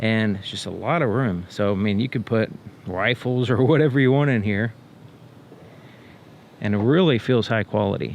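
A plastic storage bin, made specifically for this size compartment, is handled at the rear underseat storage compartment of a 2021 Jeep Gladiator Mojave pickup while someone talks, with a quieter stretch from about 4.7 to 6.6 s. The bin has not snapped into place yet, and nothing has seated or clicked.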